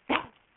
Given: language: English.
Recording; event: throat vibration sensor signal played as sound; cough